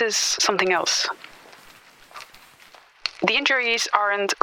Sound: She moves slightly closer. Cloth rustles